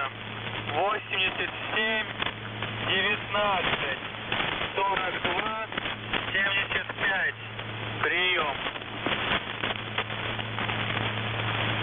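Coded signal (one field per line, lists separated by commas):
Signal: coded military voice message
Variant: The Goose, Russian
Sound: male voice speaking short phrases over a narrow radio channel with steady hum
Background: radio static, hum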